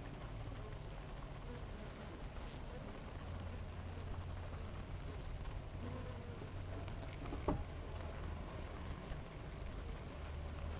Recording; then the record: honeybee colony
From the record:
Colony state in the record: active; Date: 28 July 2017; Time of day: 7:42